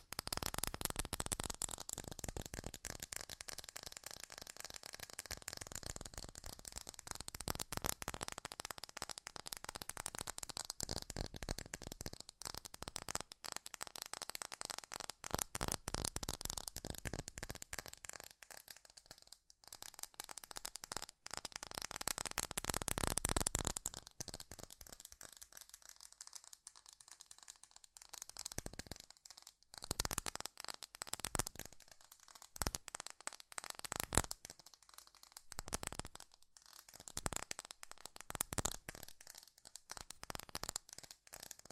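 Fast tapping runs throughout as dense, rapid clicks with a bright, crisp edge. The first twenty seconds are steadier and thicker; after about 24 seconds the taps break into uneven bursts and pauses, with a few sharper, louder strikes near 34 seconds.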